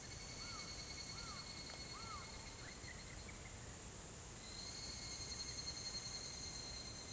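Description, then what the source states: Evening cicada song, a high ringing trill that fades midway and returns stronger, with a few lower swooping bird-like notes early on and faint low rumble. Song referred to as kanakana.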